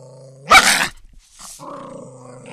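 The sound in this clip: Maltese dog whining, then giving one short, sharp bark, then a low, drawn-out growling whine lasting about a second.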